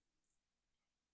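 A stack of five plastic dehydrator trays is handled above a plugged-in dehydrator base, with only faint, steady low background noise and no distinct knocks. Nothing has seated or clicked yet on the base.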